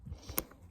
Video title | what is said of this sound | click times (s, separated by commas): 2007 - 2011 Silverado / Sierra steering wheel emblem swap | it should be a pretty dummy proof thing to push it into You Hear The Click | 0.4 s